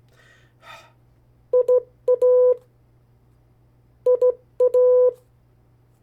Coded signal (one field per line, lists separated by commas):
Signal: Morse code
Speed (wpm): 18 wpm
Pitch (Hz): 500 Hz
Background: none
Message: IA IA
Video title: 50 State Abbreviations, Variable speeds, in CW Video #4